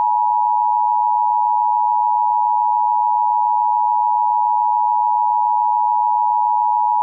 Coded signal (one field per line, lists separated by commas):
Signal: Emergency Alert System (SAME) tones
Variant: 853 and 960 Hz attention tone